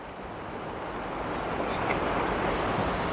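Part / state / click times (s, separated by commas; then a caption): circular polarizer filter going into a lens filter holder / not seated / none. A circular polarizer filter is slid into a lens filter holder before the locking lever is closed, with steady surf-like broadband noise rising slightly in level throughout. The filter has not locked into place yet, and nothing has clicked.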